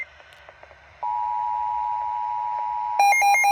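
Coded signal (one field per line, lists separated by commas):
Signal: Emergency Alert System (SAME) tones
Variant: 853 and 960 Hz attention tone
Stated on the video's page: Severe weather EAS alerts.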